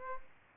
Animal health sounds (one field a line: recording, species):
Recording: mosquito wingbeat signal from an infrared sensor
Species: Aedes aegypti